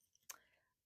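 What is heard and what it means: A ball stylus tip is slid into an interchangeable embossing stylus handle with its notches lined up, and the collar is pushed back up to lock it. A sharp, short click at 0.3 s marks the collar locking, and the tool is seated in place. A faint ringing tail fades by about 0.7 s.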